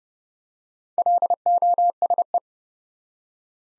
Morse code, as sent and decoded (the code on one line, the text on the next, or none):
.-.. --- ... .
LOSE